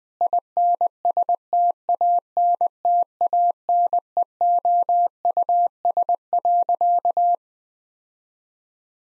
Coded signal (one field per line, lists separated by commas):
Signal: Morse code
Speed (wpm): 20 wpm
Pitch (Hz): 700 Hz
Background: none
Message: INSTANTANEOUS.